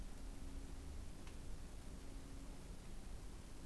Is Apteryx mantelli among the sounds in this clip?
no